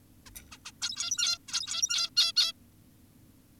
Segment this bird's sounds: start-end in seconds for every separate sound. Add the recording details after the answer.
0.26-0.30, 0.52-0.58, 0.66-0.72, 0.82-1.38, 1.48-2.10, 2.17-2.32, 2.36-2.52. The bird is an adult. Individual g17y2U